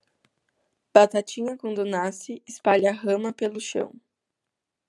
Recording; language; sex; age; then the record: short text; Brazilian Portuguese; female; 18 to 19 years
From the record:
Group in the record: control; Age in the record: 18 years